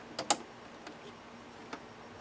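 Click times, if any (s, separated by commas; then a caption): 0.2 s, 0.3 s. Plastic refillable CIS ink cartridges are pushed into the carriage of a Canon Pixma TR7520, TR8520, TR8620, TR8620a, TR8622 or TR8622a inkjet printer on the left side, with two sharp snapping clicks at 0.2 s and 0.3 s, followed by fainter ticks near 0.9 s and 1.7 s. The cartridges snap home and are seated, with none sticking up.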